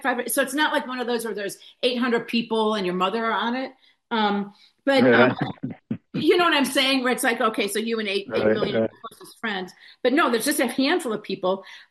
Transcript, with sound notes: So it's not like one of those where there's 800 people and your mother on it.
Um, but-
(laughs)
You know what I'm saying? Where it's like, okay, so you and 8,000,000-
Right, right.
... close friends. But, no, there's just a handful of people.